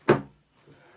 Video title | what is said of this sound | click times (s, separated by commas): Ultimate Bakker Elkhuizen Monitor Arm Review: Boost Your Work Comfort! | and push till you get a click | 0.1 s